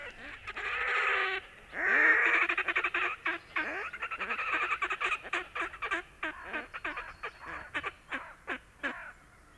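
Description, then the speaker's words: Red-necked Grebe braying: loud drawn-out wailing notes at the start, then a long rapid series of harsh pulsed squeals that gradually slows and fades. Played as a listener's request; loud calling stops during nesting; nests often break up in storms, crows take the eggs; adults rebuild nests on open tussocks in water. "Näin siis röökkii härkälintu."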